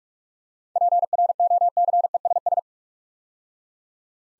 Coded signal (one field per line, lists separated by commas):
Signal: Morse code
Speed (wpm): 44 wpm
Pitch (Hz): 700 Hz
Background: none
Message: PROCESS